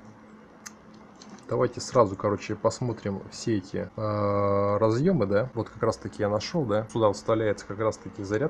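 Someone talks while handling a Tooniu XML-L2 flashlight and a charger plug near its charging socket. The plug has not been pushed home, and nothing has seated or clicked yet.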